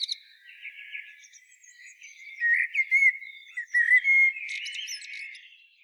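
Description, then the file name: Common blackbird song: soft, quiet warbling rising to a few clearer whistled notes near the middle, then a brief high twittering flourish. "Turdus merula"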